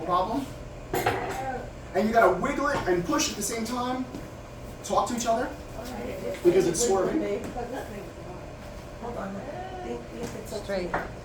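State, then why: Seated. A leg spar attachment is wiggled and pushed into the side of an operating table frame while someone talks. It slams home and latches with an audible click at 10.9 s, seating the spar in place.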